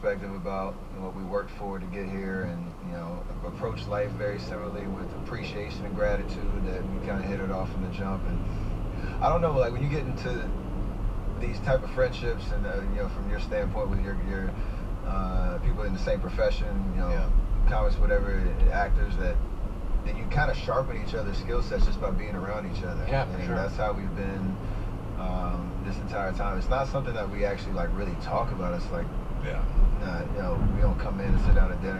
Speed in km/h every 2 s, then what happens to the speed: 0, 0, 11, 23, 31, 35, 35, 34, 34, 34, 34, 37, 40, 42, 45, 48.
0-3 standing. 3-9 pulls away to 35. 9-20 steady at about 34. 20-32 speeds up to 48.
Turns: none.